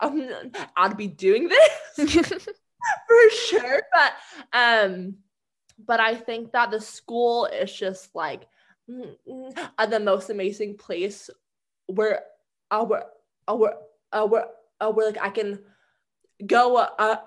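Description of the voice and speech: An adult woman who stutters speaks conversationally, broken by prolonged sounds (a drawn-out "mmm", stretched "s" and "sh") and a run of repeated "w" syllables separated by pauses before she moves on. These prolongations, part-word repetitions and hesitations are typical of stuttering in an adult. Her stutter has made her fearful of public speaking.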